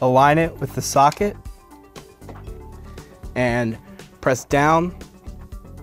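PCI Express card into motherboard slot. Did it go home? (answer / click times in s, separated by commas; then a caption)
no / none. A PCI Express card is inserted at an angle into the chassis of a ThinkCentre M83 / M93p Small Form Factor desktop and aligned with its motherboard slot, ready to be pressed down. Someone talks over background music, with a few faint, brief handling sounds. Nothing has seated or clicked yet; the clip ends just before the card goes home.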